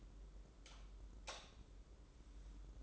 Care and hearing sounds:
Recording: daily activity, microphone in the room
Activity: light off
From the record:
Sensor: 3

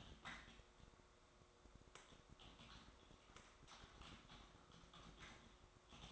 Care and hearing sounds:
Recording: daily activity, microphone in the room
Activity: typing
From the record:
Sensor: 3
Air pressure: 1004.4 hPa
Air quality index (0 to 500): 196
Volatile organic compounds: 14 ppm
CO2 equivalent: 2455 ppm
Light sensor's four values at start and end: 6/16/5/6 and 6/16/5/6

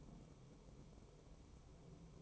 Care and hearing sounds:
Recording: daily activity, microphone in the room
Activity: take from stove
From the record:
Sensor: 1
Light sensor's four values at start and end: 8/18/7/8 and 8/18/7/8

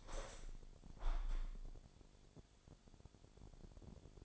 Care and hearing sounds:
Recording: daily activity, microphone in the room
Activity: open window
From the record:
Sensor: 5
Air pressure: 1000.7 hPa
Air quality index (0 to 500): 149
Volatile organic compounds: 2 ppm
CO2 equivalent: 1143 ppm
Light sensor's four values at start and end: 41/96/40/43 and 41/96/40/43

